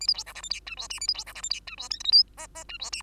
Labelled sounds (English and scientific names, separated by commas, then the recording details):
Bengalese Finch (Lonchura striata domestica) song
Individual Bird2